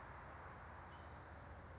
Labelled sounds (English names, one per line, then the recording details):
California Towhee
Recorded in Sonoma County, California